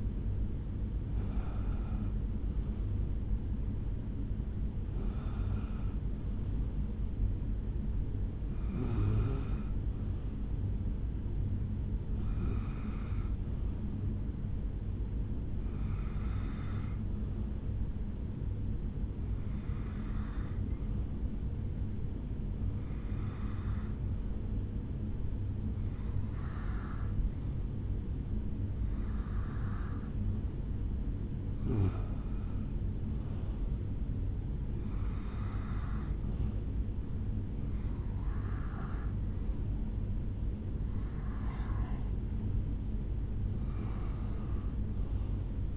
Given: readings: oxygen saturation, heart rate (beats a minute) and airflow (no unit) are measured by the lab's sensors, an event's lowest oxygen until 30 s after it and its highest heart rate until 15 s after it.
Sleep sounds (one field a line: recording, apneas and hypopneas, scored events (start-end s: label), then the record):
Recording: breathing in sleep by a smartphone at the bedside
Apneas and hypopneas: 1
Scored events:
14.00-32.20 s: hypopnea (N1, oxygen 97% highest, then 93% lowest, heart rate 71 at the start, 77 highest)
From the record:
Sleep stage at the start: N1 (lightest sleep)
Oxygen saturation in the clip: 86 to 97%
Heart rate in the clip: 69 to 77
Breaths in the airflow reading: 14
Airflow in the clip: -6.8 to 5.4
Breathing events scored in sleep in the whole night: 449 in 7.0 hours asleep